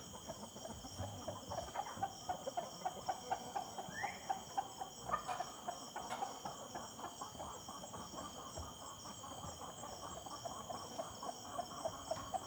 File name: Ambiencia do Entardecer Quintal da Sede Simao Correa com Galinhas e Passaros ao Fundo